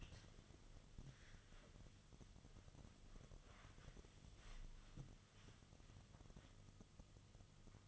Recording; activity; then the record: daily activity, microphone in the room; wipe stove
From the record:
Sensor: 4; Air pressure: 1005.6 hPa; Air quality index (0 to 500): 109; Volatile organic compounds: 3 ppm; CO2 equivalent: 1362 ppm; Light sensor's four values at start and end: 12/27/11/10 and 12/26/10/10